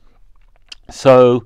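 A torque screwdriver's cam clutch breaks over again at its set torque, giving a loud, sharp click at 0.7 s. Someone then talks briefly. The torque setting is reached.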